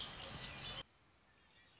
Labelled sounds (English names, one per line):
Red-winged Blackbird